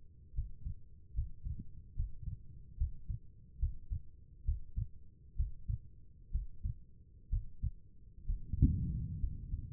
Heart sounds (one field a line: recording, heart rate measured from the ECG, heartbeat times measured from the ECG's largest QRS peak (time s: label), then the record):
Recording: heart sounds by stethoscope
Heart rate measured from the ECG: 68 bpm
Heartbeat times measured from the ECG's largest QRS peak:
0.33 s: heartbeat
1.13 s: heartbeat
1.94 s: heartbeat
2.77 s: heartbeat
3.58 s: heartbeat
4.44 s: heartbeat
5.35 s: heartbeat
6.31 s: heartbeat
7.29 s: heartbeat
8.25 s: heartbeat
9.19 s: heartbeat
From the record:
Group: healthy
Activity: Valsalva maneuver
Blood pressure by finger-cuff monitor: 102/73 mmHg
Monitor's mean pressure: 79 mmHg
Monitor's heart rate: 70 bpm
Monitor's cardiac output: 4.7 L/min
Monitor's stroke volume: 64 mL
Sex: female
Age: 36 years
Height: 163 cm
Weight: 88 kg